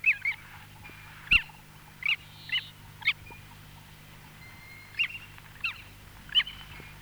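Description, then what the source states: Long-tailed Skua giving short calls at irregular intervals, with a longer pause in the middle, over a faint steady low hum. Field recording of Long-tailed Skua from Sweden, released 1984 on a cassette of mountain and coastal birds.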